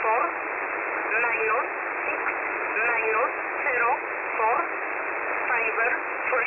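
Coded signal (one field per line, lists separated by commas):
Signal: numbers station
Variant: E11a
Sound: a voice reads short words at a steady, even pace over shortwave hiss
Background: radio static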